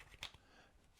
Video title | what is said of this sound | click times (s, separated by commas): LABIGO Electric Spin Scrubber UNBOXING & REVIEW | make sure you push that in till it snaps you want that all the way in now we can charge it | 0.2 s